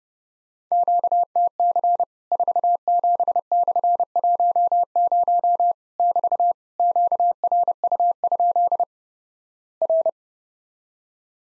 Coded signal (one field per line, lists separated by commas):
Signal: Morse code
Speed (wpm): 32 wpm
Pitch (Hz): 700 Hz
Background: none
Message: QTC 47/10 <BT> QRU? R